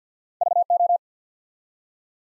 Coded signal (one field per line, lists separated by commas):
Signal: Morse code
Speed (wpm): 48 wpm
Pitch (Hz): 700 Hz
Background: none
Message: VO